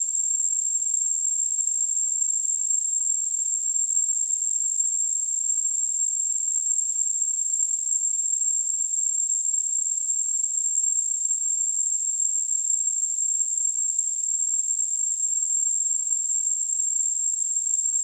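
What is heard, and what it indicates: Simulated tinnitus: a steady, high-pitched tone near 8 kHz over a faint high-frequency hiss, unchanging throughout.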